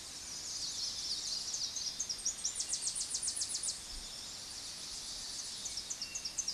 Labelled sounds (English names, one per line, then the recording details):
Tennessee Warbler song
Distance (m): 25 m
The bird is about 15 m above the microphone
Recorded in a Pennsylvania forest on 16 May 2024 at 06:11
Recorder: AudioMoth, point MSD-2234
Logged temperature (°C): 16.4 °C
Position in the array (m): 34 m, 60 m